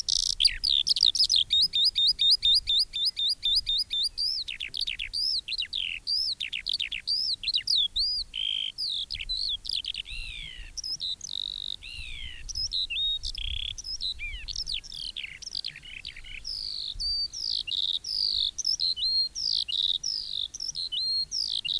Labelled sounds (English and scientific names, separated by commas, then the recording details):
Eurasian Skylark (Alauda arvensis) song
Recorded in the wild
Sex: male
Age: adult
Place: Röttenbach, Bayern, DE
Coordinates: 49.6683, 10.9244
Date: 1964-06-02
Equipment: Original, Vollspur
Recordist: Tretzel, Erwin